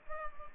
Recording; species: mosquito wingbeat signal from an infrared sensor; Culex pipiens